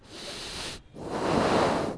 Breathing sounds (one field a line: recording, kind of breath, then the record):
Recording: one breath in and out by a microphone near the nose and mouth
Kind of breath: deep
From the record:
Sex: male